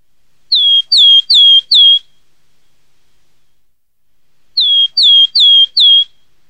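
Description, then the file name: Willow tit whistling two bursts of four pure, falling notes in quick succession, separated by a pause of a few seconds; nothing else audible. "HOMOTIAINEN"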